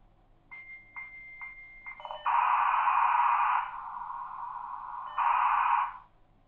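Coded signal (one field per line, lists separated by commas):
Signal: dial-up modem handshake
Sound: four short beeps with a high tone, then loud wide hissing noise that narrows and widens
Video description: The sound of dial-up at some of the most common speeds, including 300, 1200, 2400, 9600, 14,400, 33,600, and 56K.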